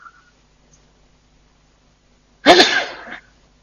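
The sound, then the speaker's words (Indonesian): A single loud, sharp sneeze bursts out after a few seconds of near silence, a quick explosive blast with a breathy tail lasting under a second. “Alhamdulillah. Ya, yahdikumullah muslihu balakum.”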